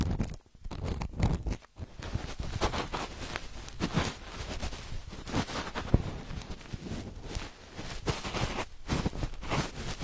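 Ear cleaning: a dense, continuous run of scratchy, crackling rubs and scrapes, with sharp clicks poking out here and there. The texture stays busy and rough throughout, broken only by brief near-silent pauses around half a second, two seconds and nine seconds.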